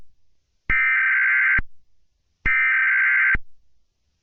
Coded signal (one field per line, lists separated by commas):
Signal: Emergency Alert System (SAME) tones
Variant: header bursts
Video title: 20/09/ 2046 Minor EAS Scenario